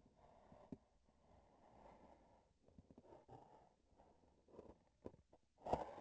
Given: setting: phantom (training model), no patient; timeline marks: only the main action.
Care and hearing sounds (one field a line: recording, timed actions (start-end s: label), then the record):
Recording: laparoscopic instrument, vibration sensor on the handle end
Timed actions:
2.57-5.21 s: palpation
From the record:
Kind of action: gesture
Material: synthetic tissue